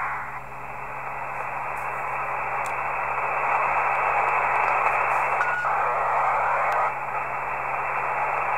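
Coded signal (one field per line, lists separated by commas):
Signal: ACARS aircraft data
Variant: HFDL PSK (ARINC 635)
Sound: steady wide rushing hiss with a hard upper edge, like dense static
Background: radio static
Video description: Decoding HF ACARS transmissions using Sorcerer decoder in PSK mode, ARINC 635 for HFDL.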